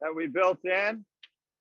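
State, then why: Seated. Someone talks, then a small plastic spacer that keeps bins located is pressed into a storage rack, giving a single sharp tick at 1.2 seconds. The spacer snaps into place and is seated.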